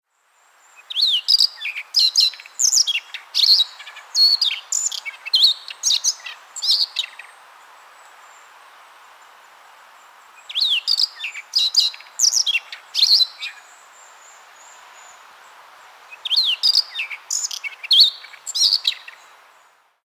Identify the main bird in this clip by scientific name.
Luscinia calliope